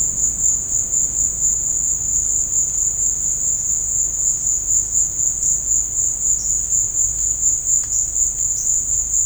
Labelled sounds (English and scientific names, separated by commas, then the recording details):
none
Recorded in dense forest near Puerto Asís, Putumayo, Colombia, on 20 December 2024 at 16:00
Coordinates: 0.481, -76.323
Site G100